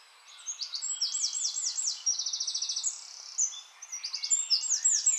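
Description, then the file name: Eurasian wren singing a rapid, high-pitched string of trills, including a fast even rattle midway, then bright tumbling phrases resuming after a short gap. "Troglodytes troglodytes"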